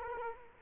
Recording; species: mosquito wingbeat signal from an infrared sensor; Culex quinquefasciatus